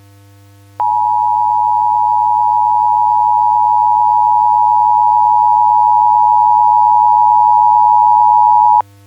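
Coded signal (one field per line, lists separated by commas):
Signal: Emergency Alert System (SAME) tones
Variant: 853 and 960 Hz attention tone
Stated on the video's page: Simulated EAS scenario, a Christmas special.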